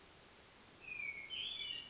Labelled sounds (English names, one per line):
Hermit Thrush